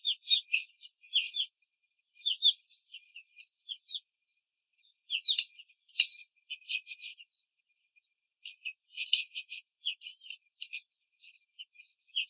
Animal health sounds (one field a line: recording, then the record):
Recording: young laying hens in a cage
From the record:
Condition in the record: control cage, before the stress test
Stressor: none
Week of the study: 4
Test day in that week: 1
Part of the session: 4